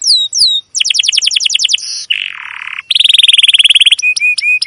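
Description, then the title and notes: Canary singing rapid stacked chirps, a low buzzy rattle, a long rolling trill and repeated short upslurred notes. Domestic canary chirping song used as a lure and master recording to train young canaries to learn sounds. "CUIT CUIT NGEROL LANGSUNG GACOR PANJANG Kenari Ini AMPUH Utk Pancingan KENAR. PANCINGAN Kenari GACOR PANJANG Cuit CUIT EMOSI ini AMPUH utk MASTERAN Kenari PAUD belajar BUNYI. burung kenari"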